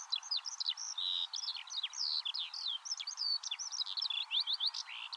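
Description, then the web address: Eurasian skylark pouring out rapid high twittering song, sharp slurred notes tumbling together without a break. "cianscape birddata Deverinetal 2025 File origin Bird Only Al Ar"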